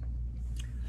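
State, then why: Seated. The metal seat frame of a Golden Buzzaround Carry On folding scooter is lifted by its back portion, since lifting from other spots did not work, until two spring plungers snap into place in the scooter base. Two short clicks are heard at 0.0 s and 0.6 s over a steady low hum, and the seat frame is locked in place.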